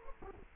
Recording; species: mosquito wingbeat signal from an infrared sensor; Culex quinquefasciatus